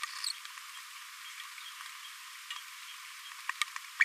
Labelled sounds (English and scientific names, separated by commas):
Green-rumped Parrotlet (Forpus passerinus) babbling